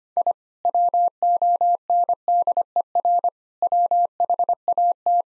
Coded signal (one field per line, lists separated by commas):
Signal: Morse code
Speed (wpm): 25 wpm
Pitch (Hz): 700 Hz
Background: none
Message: I WONDER WHAT